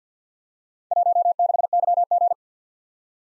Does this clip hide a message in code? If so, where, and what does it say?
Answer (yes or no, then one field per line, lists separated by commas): yes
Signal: Morse code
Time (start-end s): 0.9-2.3 s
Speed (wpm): 53 wpm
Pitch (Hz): 700 Hz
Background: none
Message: 16YG